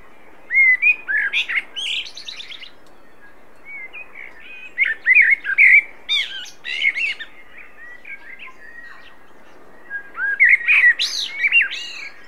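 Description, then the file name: Common blackbird delivering three phrases, each mixing mellow warbled whistles with sharp high twittering notes. "Turdus merula"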